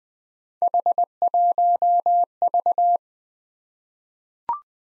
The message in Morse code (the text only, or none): H1V